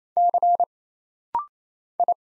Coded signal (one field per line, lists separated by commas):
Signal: Morse code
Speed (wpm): 27 wpm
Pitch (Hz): 700 Hz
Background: none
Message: C I